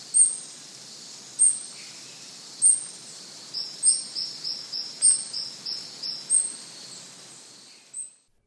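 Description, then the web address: Gould's jewelfront giving thin, very high chips at regular intervals, with a series of lower notes midway. Eastern lowlands of South America. "Natures Songs S America Eastern Lowlands. Gould's Jewelfront"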